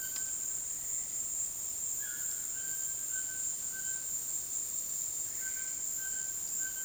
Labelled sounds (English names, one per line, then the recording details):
White-throated Toucan
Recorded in dense forest near Puerto Asís, Putumayo, Colombia, on 19 February 2024 at 15:30
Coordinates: 0.466, -76.327
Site G6413